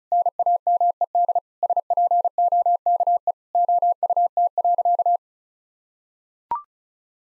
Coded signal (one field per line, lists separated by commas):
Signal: Morse code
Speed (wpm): 36 wpm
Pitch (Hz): 700 Hz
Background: none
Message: NAMED SPOKE OUT.